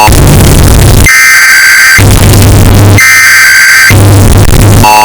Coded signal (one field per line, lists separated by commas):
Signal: Emergency Alert System (SAME) tones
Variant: header bursts